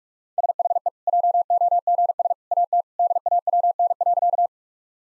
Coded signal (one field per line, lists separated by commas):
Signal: Morse code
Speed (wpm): 46 wpm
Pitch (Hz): 700 Hz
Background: none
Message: SHE JOGS AT DAWN.